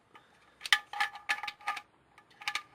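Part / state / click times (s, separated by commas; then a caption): torque wrench tightening the oil drain plug into the oil sump / torque reached / 0.7 s. A torque wrench set to 35 Nm tightens the oil drain plug into the aluminium oil sump, making a series of short, bright metallic ratcheting bursts. The wrench gives its click at 0.7 s, and the plug is then properly tight.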